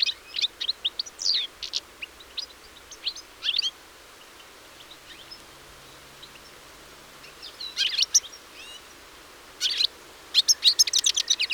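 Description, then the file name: European Goldfinch: finch-like twittering in scattered bursts of high chirps and whistles, with long quieter stretches between phrases. "Carduelis carduelis"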